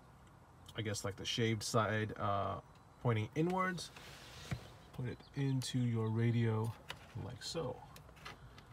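Someone talks while a metal radio removal key, shaped side pointing inward, is pushed into the slot of a factory VW car radio head unit. Brief small metallic ticks come at about 4.5 s and near 8.6 s and 8.8 s. Nothing has seated or clicked yet.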